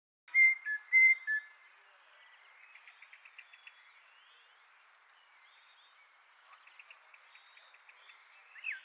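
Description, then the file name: Eurasian blackbird: three clear, loud whistled notes at the start, then soft, faint chirps and twitters, and a louder note at the very end. "Turdus merula"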